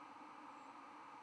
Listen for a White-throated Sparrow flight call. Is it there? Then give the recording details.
no. Another species' flight call is heard. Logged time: 04:12 on 11 November 2014